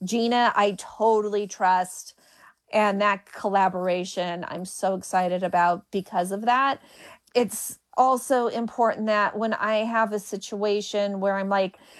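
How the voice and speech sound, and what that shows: An adult woman who stutters speaks in a lively, mostly fluent conversational voice, with a few stretched sounds, such as a drawn-out 's' in "it's also", and several short pauses. These mild prolongations fit stuttering.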